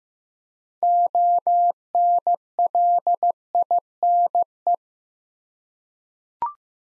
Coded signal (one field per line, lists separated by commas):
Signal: Morse code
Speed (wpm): 15 wpm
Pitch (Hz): 700 Hz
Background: none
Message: ONLINE